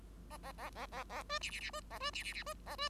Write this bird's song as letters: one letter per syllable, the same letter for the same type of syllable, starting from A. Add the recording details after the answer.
A A A A A A B C C C B A B C C C B A B. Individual Bird5